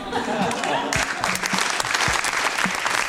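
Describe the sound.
An applause sound effect played after a joke: a crowd applauding steadily, a dense wash of many hands clapping at once, with a few brief voice-like tones surfacing under the noise.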